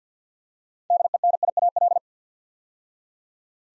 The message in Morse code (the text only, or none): DENIAL